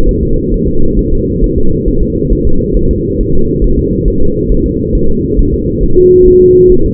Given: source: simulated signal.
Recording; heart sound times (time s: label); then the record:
fetal heart sounds
0.09 s: S1
0.23 s: S2
0.54 s: S1
0.68 s: S2
0.99 s: S1
1.13 s: S2
1.44 s: S1
1.58 s: S2
1.88 s: S1
2.03 s: S2
2.33 s: S1
2.47 s: S2
2.77 s: S1
2.91 s: S2
3.21 s: S1
3.35 s: S2
3.64 s: S1
3.79 s: S2
4.08 s: S1
4.22 s: S2
4.52 s: S1
4.66 s: S2
4.95 s: S1
5.10 s: S2
5.39 s: S1
5.54 s: S2
5.83 s: S1
5.98 s: S2
6.28 s: S1
6.42 s: S2
6.72 s: S1
6.86 s: S2
From the record:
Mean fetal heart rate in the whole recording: 135 bpm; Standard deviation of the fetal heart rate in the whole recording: 3 bpm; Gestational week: 36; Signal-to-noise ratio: -19.1 dB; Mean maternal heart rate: 72 bpm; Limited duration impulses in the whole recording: present